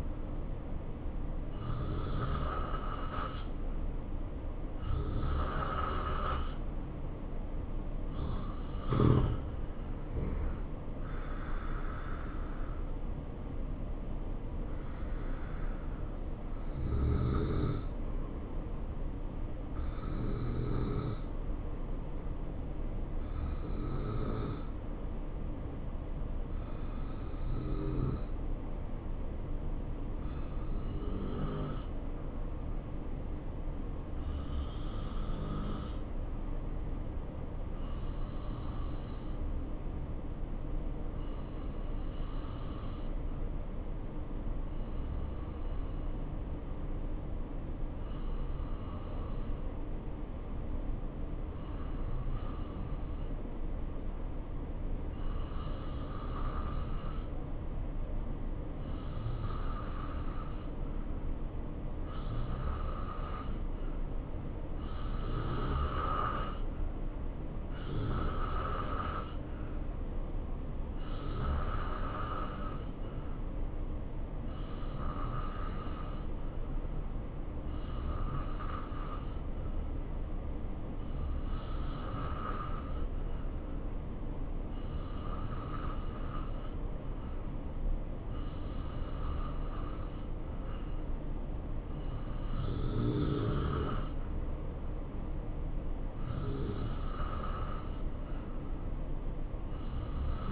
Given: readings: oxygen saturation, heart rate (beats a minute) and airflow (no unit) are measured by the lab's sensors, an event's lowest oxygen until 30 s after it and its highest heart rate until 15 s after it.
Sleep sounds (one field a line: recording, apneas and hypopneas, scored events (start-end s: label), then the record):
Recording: breathing in sleep by a smartphone at the bedside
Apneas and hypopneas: 1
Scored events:
31.00-92.70 s: hypopnea (N2, oxygen 94% highest, then 87% lowest, heart rate 71 at the start, 72 highest)
From the record:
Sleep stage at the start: N2 (light sleep)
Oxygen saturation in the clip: 86 to 94%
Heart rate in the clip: 64 to 74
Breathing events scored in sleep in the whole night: 277 in 7.4 hours asleep